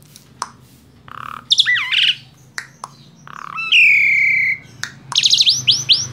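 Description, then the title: Asian pied starling giving sharp clicks, rasping calls, a drawn-out falling whistle and a final run of quick slurred notes. Masteran recording, a training track played to caged birds so they learn the song. "Masteran Jalak Suren"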